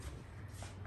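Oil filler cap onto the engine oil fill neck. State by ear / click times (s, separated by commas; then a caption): not seated / none. An engine oil filler cap on a 2018 Ford F-150 is set back onto the oil fill neck, with low rumble and faint shuffling before a small tap at about 0.9 s. The cap does not lock into place and sits slanted, so nothing has seated or clicked.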